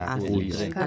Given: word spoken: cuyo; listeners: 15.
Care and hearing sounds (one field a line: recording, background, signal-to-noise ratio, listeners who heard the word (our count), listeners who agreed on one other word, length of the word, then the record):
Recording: one Spanish word in noise, from a listening test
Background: four-talker babble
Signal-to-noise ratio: -0.2 dB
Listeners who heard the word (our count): 0 of 15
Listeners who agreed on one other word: 8 of 15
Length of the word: 0.47 s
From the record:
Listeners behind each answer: 8, 2, 1, 1, 1, 1, 1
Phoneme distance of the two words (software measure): 38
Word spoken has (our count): 2 syllables, 4 phonemes, stress on syllable 1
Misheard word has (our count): 2 syllables, 4 phonemes, stress on syllable 2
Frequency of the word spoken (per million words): 140.56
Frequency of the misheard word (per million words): 65.42